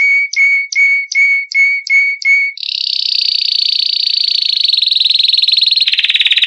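Canary song opening with seven evenly spaced whistled notes, followed by a long, high, very rapid rolling trill that drops slightly in pitch at the end.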